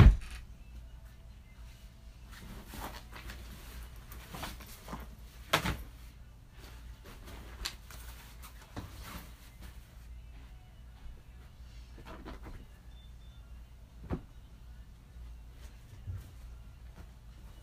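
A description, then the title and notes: Cleaning a top shelf: scattered knocks, taps and brief scrapes of items being moved, coming every second or so, with a sharper bump near the start and another louder thud around five and a half seconds. A low steady hum runs underneath throughout. ASMR Cleaning style with me. Clean my top shelf.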